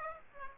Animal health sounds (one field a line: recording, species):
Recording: mosquito wingbeat signal from an infrared sensor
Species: Aedes aegypti